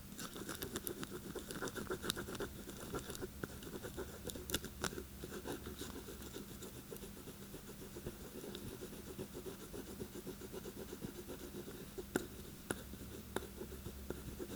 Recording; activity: daily activity, guitar pickup as the sensor; write